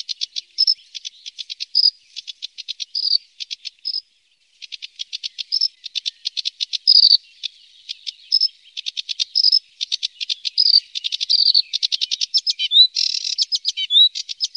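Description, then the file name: Sedge warbler song, a long run of fast dry chattering buzzes and ticks mixed with short whistled notes and rising slurs, pausing briefly near the start. "Savsangare"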